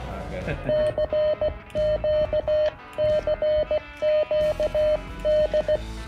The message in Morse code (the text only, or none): CQ CQ D